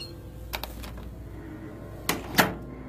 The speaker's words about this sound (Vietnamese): Sau khi đợi đến khuya mà không thấy hai con về, gọi mấy cuộc không ai bắt máy, cho nên bà đành đóng cửa rồi đi ngủ.